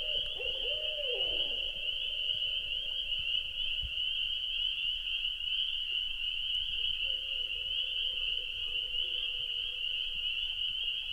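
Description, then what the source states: Owl hooting: a wavering hoot that slides downward near the start, then a longer steady hoot later, over a constant high-pitched drone. At night at a lake in Wisconsin in 2019.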